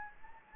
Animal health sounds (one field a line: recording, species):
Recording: mosquito wingbeat signal from an infrared sensor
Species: Anopheles gambiae